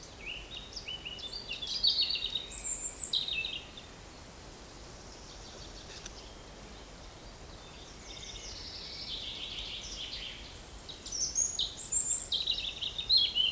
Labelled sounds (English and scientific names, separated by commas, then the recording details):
European Robin (Erithacus rubecula)
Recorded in the wild
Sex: male
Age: adult
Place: Mühlenbeck, Brandenburg, DE
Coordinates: 52.625, 13.404
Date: 1992-05-23 11:01
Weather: sonnig, 20-24°C, böiger Ost-Wind
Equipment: Nagra SN, Mikrofon AKG CK 8, Kopie Tesla B 116
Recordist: Tembrock, Günter